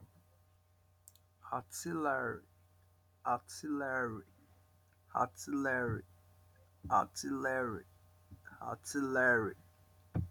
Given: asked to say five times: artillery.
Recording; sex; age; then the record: repeated word; male; 50 to 59 years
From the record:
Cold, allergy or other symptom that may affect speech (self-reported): no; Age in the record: 50 years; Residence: United States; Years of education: 16